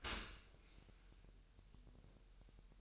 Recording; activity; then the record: daily activity, microphone in the room; open dishwasher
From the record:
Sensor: 2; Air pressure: 1000.5 hPa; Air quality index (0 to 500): 247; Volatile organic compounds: 94 ppm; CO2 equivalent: 3712 ppm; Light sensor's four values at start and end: 9/22/9/9 and 9/22/9/9